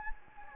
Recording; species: mosquito wingbeat signal from an infrared sensor; Anopheles gambiae